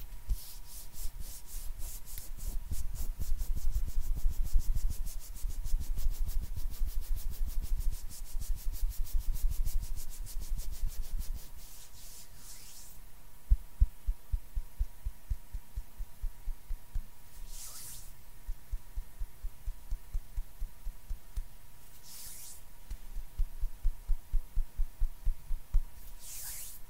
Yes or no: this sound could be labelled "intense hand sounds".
yes